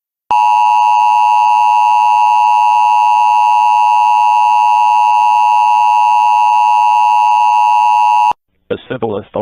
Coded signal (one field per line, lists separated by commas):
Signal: Emergency Alert System (SAME) tones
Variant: 853 and 960 Hz attention tone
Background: speech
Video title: Creepy EAS Alerts